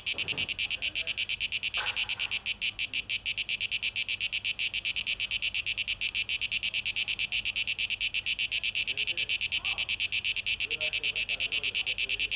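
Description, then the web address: Cicada buzzing in fast, even pulses throughout. Recorded 12 August 2023; tape echo mix. "rauschpartikel Audio 2023-08-12 Zikaden (Tape Echo Mix)"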